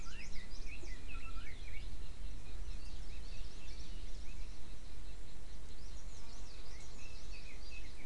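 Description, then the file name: Bird chorus of quick chirps and twittering notes, strongest at the start and again toward the end, with constant low-pitched background noise. "mainly bird"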